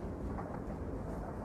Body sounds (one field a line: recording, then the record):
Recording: background sound without coughing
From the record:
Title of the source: Train Ride Ambience ambient white noise for sleeping, focus, studying, reading